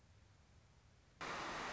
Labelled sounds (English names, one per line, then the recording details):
Song Sparrow
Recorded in Sonoma County, California